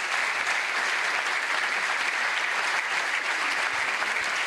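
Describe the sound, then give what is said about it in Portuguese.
Steady audience applause given in tribute and remembrance of several named people, a dense wash of many hands clapping at a constant loud level throughout, with no talking over it. “Para todas estas persoas tamén un forte aplauso e moitos recordos.”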